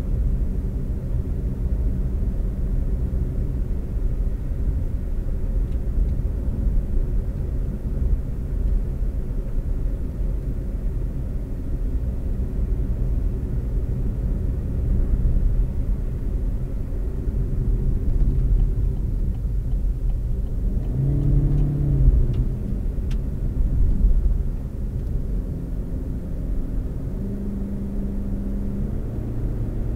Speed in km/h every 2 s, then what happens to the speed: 60, 63, 63, 61, 61, 61, 63, 64, 61, 48, 52, 58, 58, 61, 69.
0-15 steady at about 61. 15-18 brakes to 48. 19-30 speeds up to 69.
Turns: none.